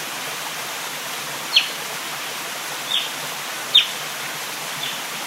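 Swinhoe's frog giving short, high, chirp-like calls, three clear notes and a fainter fourth, over steady rushing stream noise.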